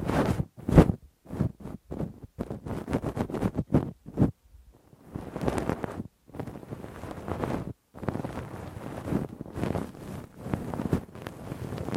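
Ear cleaning with a Q-tip and ear pick: rough, scratchy rubbing in rapid bursts, with brief silent pauses near four and eight seconds.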